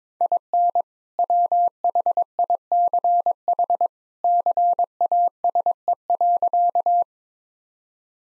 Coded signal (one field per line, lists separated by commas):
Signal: Morse code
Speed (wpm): 22 wpm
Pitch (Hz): 700 Hz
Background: none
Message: IN WHICH CASE.